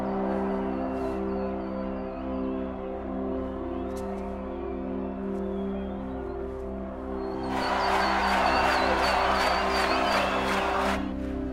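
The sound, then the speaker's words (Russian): A concert crowd at a Blast FM show in the Marseille arena shouts behind a door, waiting for the radio stars to come out: a muffled steady roar over a low droning hum that swells much louder partway through, with rhythmic pulses like chanting or clapping. “Толпа кричит и ждет выхода радиозвезд.”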